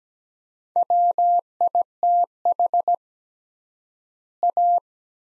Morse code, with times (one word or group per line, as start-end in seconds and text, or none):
0.8-2.9 WITH
4.4-4.8 A